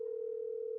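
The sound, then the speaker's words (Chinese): A steady telephone ringing tone hums at a single mid pitch while a call is being dialed, unbroken and even in loudness for just under a second, with no voices. “啊，不行不行，我要打电话问一下小张是怎么回事。”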